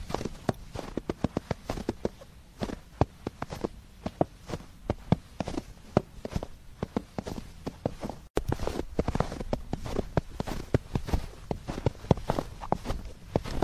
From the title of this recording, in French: Marche dans la neige